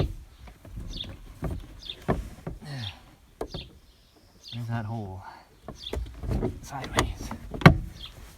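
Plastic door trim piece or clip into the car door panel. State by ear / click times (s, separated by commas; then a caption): seated / 7.7 s. While reinstalling the interior door panel on a 1989 Ford Probe GT parts car, a plastic trim piece or clip is lined up with its hole in the door panel, turned sideways, and pressed home as someone talks. Faint handling taps and rustles lead up to a sharp, loud click at 7.7 s. The trim piece is seated in place.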